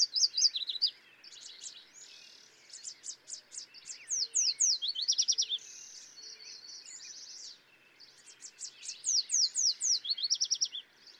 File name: Yellow Warbler